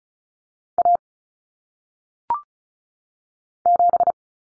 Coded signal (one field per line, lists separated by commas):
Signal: Morse code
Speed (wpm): 34 wpm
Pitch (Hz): 700 Hz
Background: none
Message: A 7